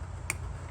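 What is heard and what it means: An LED license plate light, turned around because it only fits one way, is pressed into the plastic opening in the rear bumper trim. A single sharp click at 0.3 s shows it seating into place, over a steady low hum.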